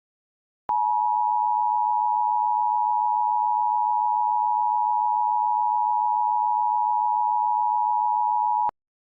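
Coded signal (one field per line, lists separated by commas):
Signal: Emergency Alert System (SAME) tones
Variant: 853 and 960 Hz attention tone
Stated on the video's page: Fictional EAS scenario.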